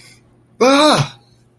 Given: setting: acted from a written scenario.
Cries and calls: vocal sound without words; positive surprise

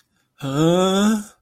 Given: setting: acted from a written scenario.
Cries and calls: vocal sound without words; fear

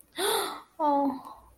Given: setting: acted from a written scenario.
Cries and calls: vocal sound without words; awe

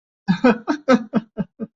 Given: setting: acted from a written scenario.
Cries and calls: vocal sound without words; amusement

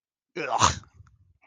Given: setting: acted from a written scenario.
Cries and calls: vocal sound without words; disgust

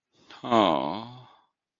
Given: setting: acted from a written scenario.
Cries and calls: vocal sound without words; sadness

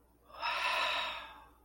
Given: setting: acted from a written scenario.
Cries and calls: vocal sound without words; awe

